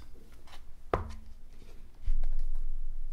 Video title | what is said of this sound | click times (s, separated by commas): incase hardshell case for Aluminum Unibody MacBook Pro 13 Unboxing and thoughts | you can see it's locked into place | 0.9 s